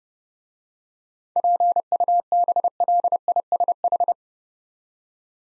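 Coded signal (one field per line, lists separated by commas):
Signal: Morse code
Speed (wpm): 29 wpm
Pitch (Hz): 700 Hz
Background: none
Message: PUBLISH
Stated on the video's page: Morse practice set sending 7-letter words at 30 wpm for head-copy training.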